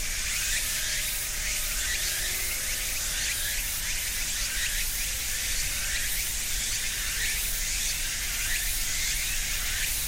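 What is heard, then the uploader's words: Cicadas and other insects fill the air in a dense, steady wash of bright, hissing song with a faint pulsing texture that repeats every second or so. The level holds even throughout, with a low rumble underneath and a few thin tones drifting through the middle. Cicadas and other insects mark the end of summer in ornamental cherry trees between a small river and a residential neighborhood in Japan. With a Sony PCM-M10 recorder and FEL Clippy EM172 mics mounted for quasi-binaural recording on opposite sides of a tree trunk.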